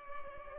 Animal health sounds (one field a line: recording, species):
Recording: mosquito wingbeat signal from an infrared sensor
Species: Culex pipiens